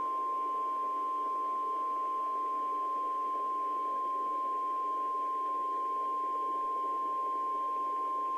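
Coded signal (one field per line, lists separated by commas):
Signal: Emergency Alert System (SAME) tones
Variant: 1050 Hz attention tone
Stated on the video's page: EAS alerts from the Oklahoma City tornado outbreak, presented as a timeline.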